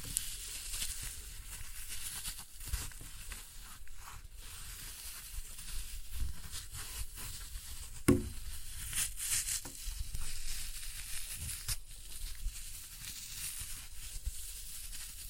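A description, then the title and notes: Floral foam is crushed in a dense, continuous crackle and crunch with bright hissing, swelling in bursts and peaking in a sharp snap near eight seconds. Floral Foam Glitter Bomb Crushing.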